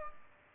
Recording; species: mosquito wingbeat signal from an infrared sensor; Culex pipiens